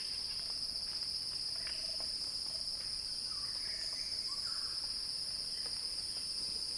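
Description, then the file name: Cicada drone, shrill and level from start to finish, with a few faint chirps. Cicada song building in a crescendo, recorded by Axel Drioli for Earth.fm. "earth-fm Axel-Drioli Cicada-Crescendo-Sounding-Wild"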